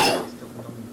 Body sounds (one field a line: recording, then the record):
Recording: coughing mixed with background sound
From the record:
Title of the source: Coughing 77